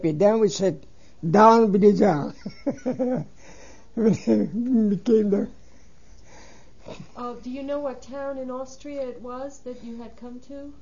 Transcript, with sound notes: Then we said, "Down with the Czar!" ( he laughs )
Do you know what town in Austria it was that you had come to?